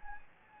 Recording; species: mosquito wingbeat signal from an infrared sensor; Anopheles gambiae